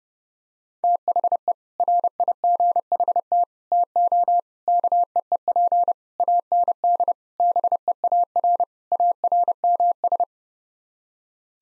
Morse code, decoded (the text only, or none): THE RIGHT TO KEEP AND BEAR ARMS